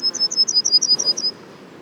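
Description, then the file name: Yellowhammer: a brisk run of high, sharp, repeated notes that stops abruptly, followed by quiet. Les Alisiers, 21 July 2020; several yellowhammers. "200721-11-bruants-jaunes-Les-Alisiers"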